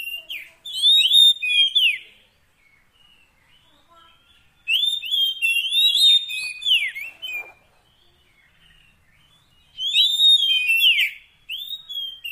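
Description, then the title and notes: Oriental magpie-robin singing bursts of rich whistled phrases with sharp downslurs, separated by quiet gaps. Long-duration 'isian' fill-in song, meant to make the bird sing profusely day and night. "Kacer Jadi Gacor Siang Malam. Isian Kacer Durasi Panjang"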